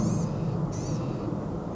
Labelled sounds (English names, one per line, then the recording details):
Blue-gray Gnatcatcher
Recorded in Sonoma County, California